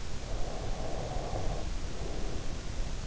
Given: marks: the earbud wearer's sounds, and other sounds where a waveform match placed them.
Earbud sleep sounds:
sounds in sleep by an in-ear microphone; breath
0.32-3.07 s: breath

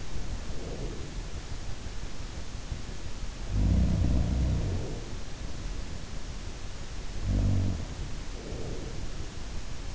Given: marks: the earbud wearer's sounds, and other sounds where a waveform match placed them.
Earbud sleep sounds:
sounds in sleep by an in-ear microphone; breath
0.00-2.13 s: breath
3.21-5.40 s: sound from someone else or the room
7.08-9.62 s: sound from someone else or the room
7.99-9.62 s: breath

